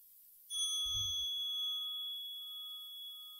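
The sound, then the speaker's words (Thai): A single bright electronic phone notification chime sounds suddenly, a bell-like tone with several clear pure overtones and a soft low thump at the start. It rings on steadily and fades slowly, with no voices. “หากนี่คือเสียงโทรศัพท์เรายังไม่ต้องกดโทรศัพท์ดูเรายืดตัวขึ้นมาหลับตาลงแล้วหันมาตามดูตามรู้ลมหายใจของเราในความเงียบ”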